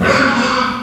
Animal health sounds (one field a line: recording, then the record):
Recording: squeal of a Yucatan mini pig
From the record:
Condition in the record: after surgery on the right vocal fold (resection and tissue-engineered implant)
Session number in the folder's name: 16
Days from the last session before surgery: 183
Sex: female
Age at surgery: 19 weeks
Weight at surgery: 25 kg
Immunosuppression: prednisolone